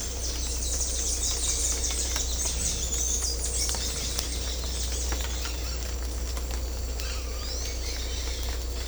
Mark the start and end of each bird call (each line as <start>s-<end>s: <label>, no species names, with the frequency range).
0.00s-5.79s: bird call (1.5-10.5 kHz)
7.09s-8.78s: bird call (1.1-6.7 kHz)